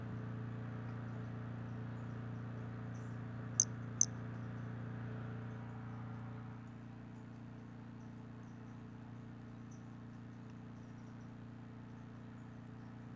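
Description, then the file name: White-lined pumpkin toadlet call: a twin burst of tiny high-pitched notes near four seconds, otherwise a continuous low hum. Individual 13; unvouchered specimen. "Brachycephalus albolineatus individual 13"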